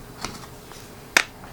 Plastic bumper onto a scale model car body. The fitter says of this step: snaps right it snaps right into place so